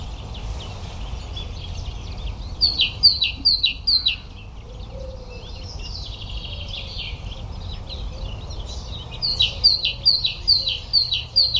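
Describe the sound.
Great tit repeating bright two-note phrases in two separate series of several, with softer bird twitters in between and a low rumbling background.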